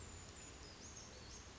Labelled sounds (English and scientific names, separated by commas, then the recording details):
Brown Creeper (Certhia americana)
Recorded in Sonoma County, California